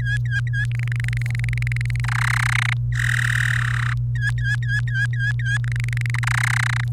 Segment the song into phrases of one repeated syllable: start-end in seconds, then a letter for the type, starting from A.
0.00-0.65 A, 0.72-2.00 B, 2.04-2.73 C, 2.95-3.93 D, 4.16-5.57 A, 5.64-6.11 B, 6.14-6.84 C